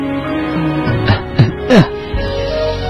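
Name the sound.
repeated coughing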